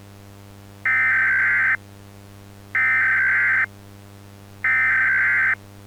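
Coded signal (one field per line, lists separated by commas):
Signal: Emergency Alert System (SAME) tones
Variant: header bursts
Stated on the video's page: Fictional EAS scenario about an object from space striking in 2008.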